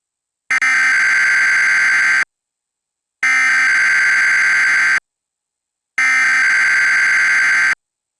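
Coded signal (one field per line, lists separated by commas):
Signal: Emergency Alert System (SAME) tones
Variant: header bursts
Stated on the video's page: EAS tones from a Trilithic EASyCAP sending an MPEG-2 stream and SCTE-18 commands over UDP multicast, force-tuning a CableVista cable box.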